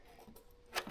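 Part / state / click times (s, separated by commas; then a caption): tail light bulb socket into tail light housing / not seated / none. A tail light bulb socket is being screwed or twisted into its tail light housing, with faint ticks and light handling noise, a small tick near 0.4 s and a louder scrape near 0.8 s. Nothing has snapped into place or seated yet.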